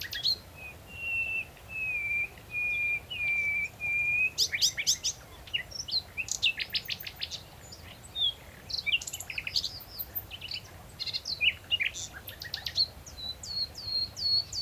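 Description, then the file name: Common nightingale song opening with several slow, pure whistled notes on one pitch, then bursting into rapid clicks, trills and rising chirps repeated in quick sequence. "Luscinia megarhynchos"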